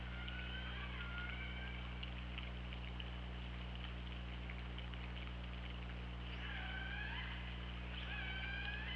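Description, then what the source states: Killer whale calls: harmonic tones early on, then clicks over a steady low hum, and more calls near the end. Recorded by the OrcaLab hydrophone, underwater, on 24 August 2017 at 08:04.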